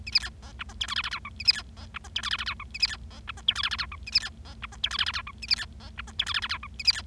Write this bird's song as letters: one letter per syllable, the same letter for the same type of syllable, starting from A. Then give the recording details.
A B C D E F G H I I J K A B C D E F G H I I J K A B C D E F G H I I J K A B C D E F G H I I J K A B C D E F G H I I J K A B C. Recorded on 25 March 2012 at 18:24. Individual gy6or6